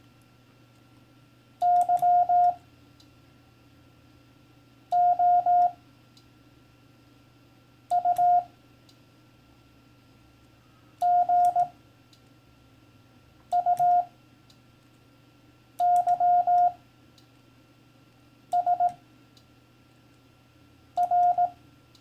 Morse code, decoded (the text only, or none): YOU GUYS R